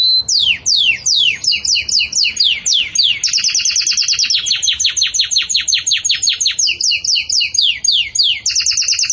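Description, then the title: Canary song of quick descending sweeps followed by long fast trills in alternating phrases, unbroken for the whole stretch. Belgian canary song used for training chicks (encarte de filhotes); style described as campainha. "Belíssimo Canto Do Canário Belga Campainha Para Encarte De Filhotes"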